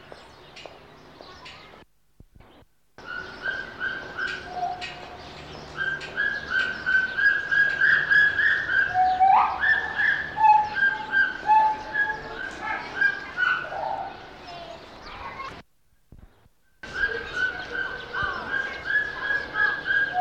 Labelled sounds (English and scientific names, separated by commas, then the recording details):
Pileated Gibbon (Hylobates pileatus)
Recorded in captivity
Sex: male
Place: Zoo Berlin, Berlin, DE
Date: 1989-03-08 10:55
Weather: leicht bedeckt, 4-8°C
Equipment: Sony WM-D6C, Kopie 19 cm
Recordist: Tembrock, Günter